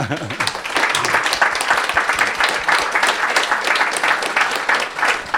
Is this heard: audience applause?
yes